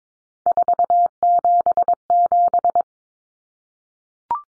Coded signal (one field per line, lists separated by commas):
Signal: Morse code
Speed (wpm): 22 wpm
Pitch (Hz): 700 Hz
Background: none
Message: 477